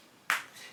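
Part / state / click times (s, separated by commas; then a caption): snap fastener halves on garment fabric / seated / 0.3 s. A second pair of snap fastener halves on a garment upcycled from a Bottega Veneta towel is pressed together through the fabric. It gives one sharp click at 0.3 s, followed by a short fading tail. The snap is fully closed and confirmed as a good pair.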